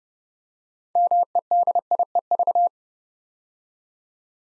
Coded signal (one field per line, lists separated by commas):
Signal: Morse code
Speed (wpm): 30 wpm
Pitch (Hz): 700 Hz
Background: none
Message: MEDIEV